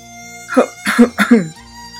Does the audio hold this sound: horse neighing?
no